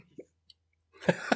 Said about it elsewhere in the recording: I have to sneeze. That sounded more like a cough.